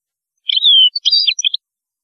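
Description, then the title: European goldfinch song: a drawn-out falling whistle followed by a brisk tumble of liquid, twittering notes. "Chant Chardonneret"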